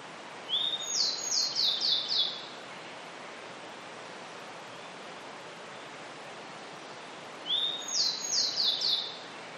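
Grey bunting song: two phrases seven seconds apart, each a soft level whistle breaking into four or five high, slightly falling notes.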